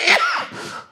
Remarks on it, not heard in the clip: That sounds like a pretty bad cough. I had a cramp by coughing.